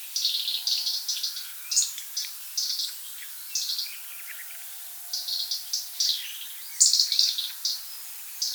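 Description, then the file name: European robin song, thin high-pitched twittering phrases with short pauses between bursts, some faint lower notes beneath. "rotkehlchen"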